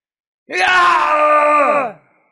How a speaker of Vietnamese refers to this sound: Trong miệng của Đỗ Thanh Dương phát ra một tiếng kêu đau đớn